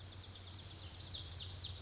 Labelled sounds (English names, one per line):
Pacific Wren